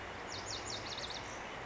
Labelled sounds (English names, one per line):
Lazuli Bunting